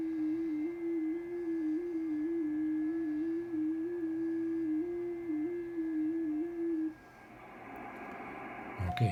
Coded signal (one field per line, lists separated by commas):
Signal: FT8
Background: speech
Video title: Wireless FT-8 made easy - KK7ZR style !